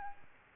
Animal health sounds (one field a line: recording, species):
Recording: mosquito wingbeat signal from an infrared sensor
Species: Aedes aegypti